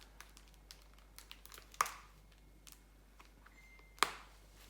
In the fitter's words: that's them all snapped into place